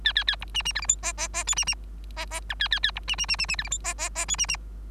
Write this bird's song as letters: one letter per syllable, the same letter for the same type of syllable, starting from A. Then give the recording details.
A A A B C C D E F G G G H C C G G I A A A B C C C C C D E F G G G H C C. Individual Bird3